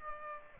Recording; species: mosquito wingbeat signal from an infrared sensor; Aedes aegypti